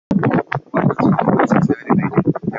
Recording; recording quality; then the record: counting at a normal pace; poor, much background noise or distortion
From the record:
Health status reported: healthy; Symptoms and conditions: none ticked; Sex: male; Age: 32 years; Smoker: not ticked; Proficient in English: yes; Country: Canada